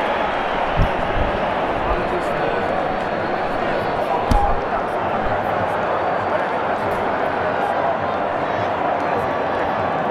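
A football stadium crowd at Wembley fills the clip with a dense, steady roar of many voices blending together. Individual shouts poke through now and then, with a sharp thump near the start and another sharper knock around four seconds.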